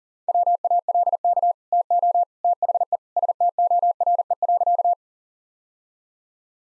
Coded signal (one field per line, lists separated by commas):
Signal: Morse code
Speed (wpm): 40 wpm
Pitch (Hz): 700 Hz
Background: none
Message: WALK TO THE STORE.